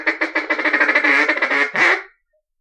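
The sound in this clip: Mallard quacking, a rapid run of many nasal quacks over about two seconds, the last one louder and drawn out, then silence.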